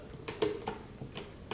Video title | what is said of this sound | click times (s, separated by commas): DeWALT 20 Volt Drill and Impact Driver Tool Review - Video 77 | and it locks in place. | 1.5 s